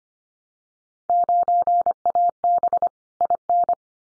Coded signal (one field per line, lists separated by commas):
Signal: Morse code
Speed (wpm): 25 wpm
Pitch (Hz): 700 Hz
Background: none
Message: 9AB IN